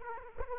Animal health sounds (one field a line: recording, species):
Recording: mosquito wingbeat signal from an infrared sensor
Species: Aedes aegypti